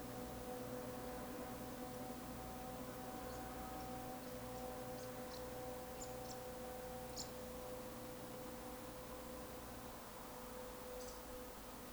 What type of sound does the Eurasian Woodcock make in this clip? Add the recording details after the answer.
whistle, chase call. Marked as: woodcock, chase, woodcock, whistle. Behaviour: display flight. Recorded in Baden-Württemberg, Germany, on 3 June 2021 at 20:03 UTC. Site 49334, 1074 m above sea level